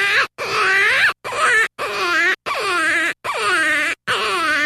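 Jackrabbit distress call: seven loud, harsh wailing screams, each under a second with short gaps between, wavering and bending in pitch, rich and infant-like in tone.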